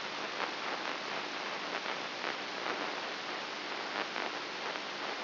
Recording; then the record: brain microelectrode recording played as sound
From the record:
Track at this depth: inside the subthalamic nucleus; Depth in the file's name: 5.44 mm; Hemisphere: right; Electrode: 2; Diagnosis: Parkinson's disease